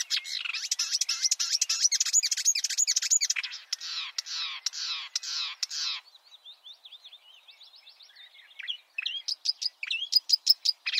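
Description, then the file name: Marsh warbler pouring out a dense, buzzy, grating chatter for several seconds, then thinner quick twitters and sharp repeated chips. "suara-kicauan-burung-marsh-warbler -omkicau"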